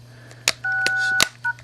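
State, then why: Seated. A plastic back cover is pressed onto the back of a Nokia N79-3 mobile phone so its four contacts line up with the phone's four pins, and it snaps into place. Sharp clicks land at 0.5 s and 1.2 s, with steady electronic tones from the phone sounding between them and again briefly near 1.5 s over a low constant hum. The cover is seated.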